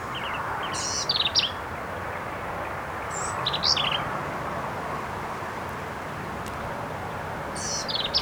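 Black-capped vireo singing abrupt, complex phrases of high buzzy and sharp notes a few seconds apart, with background hiss.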